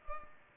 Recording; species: mosquito wingbeat signal from an infrared sensor; Culex pipiens